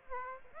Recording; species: mosquito wingbeat signal from an infrared sensor; Aedes aegypti